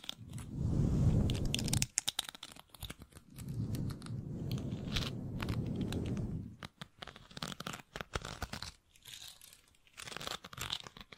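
A microphone is brushed and scratched. Two long, dense stretches of low rubbing run from the start to about 2 seconds and from 3 to 6.5 seconds. After that come sparse, sharp scratches and crackles with short quiet gaps, sounding crinkly and papery.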